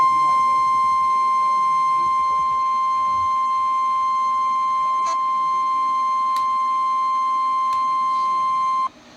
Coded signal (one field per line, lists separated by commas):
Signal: Emergency Alert System (SAME) tones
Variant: 1050 Hz attention tone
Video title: EAS #174 - Severe Thunderstorm Warning